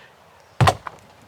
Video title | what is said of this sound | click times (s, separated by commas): I Found a 1,100lb Camper You Can Actually Stand Up Inside! | I show everyone is the satisfying click when you close the door. | 0.6 s